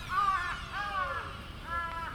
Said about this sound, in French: Forcément, il y a eu le corbeau en même temps, quoi.